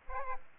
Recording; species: mosquito wingbeat signal from an infrared sensor; Aedes aegypti